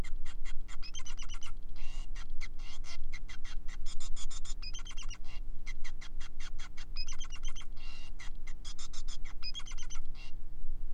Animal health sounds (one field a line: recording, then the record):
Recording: song of a male Bengalese finch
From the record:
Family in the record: son of father 5